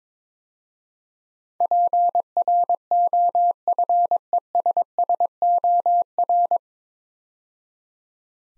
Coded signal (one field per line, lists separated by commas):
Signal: Morse code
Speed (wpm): 22 wpm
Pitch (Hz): 700 Hz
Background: none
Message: PROFESSOR